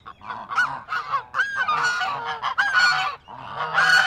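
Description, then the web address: Chinese goose honking in quick, strained bursts, nasal calls tumbling one after another with brief gaps. Agitated honking. "Sound Effects-Foundation 1 BIRD GEESE CHINESE HONK AGITATED"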